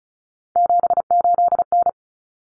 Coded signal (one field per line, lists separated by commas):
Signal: Morse code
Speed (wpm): 34 wpm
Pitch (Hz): 700 Hz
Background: none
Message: 78N